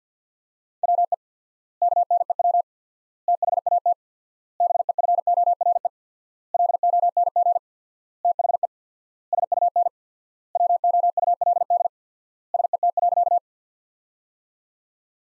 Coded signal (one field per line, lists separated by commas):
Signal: Morse code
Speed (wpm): 50 wpm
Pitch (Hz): 700 Hz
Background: none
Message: WE KNEW THAT BEFORE LONG THE SUN WOULD SET.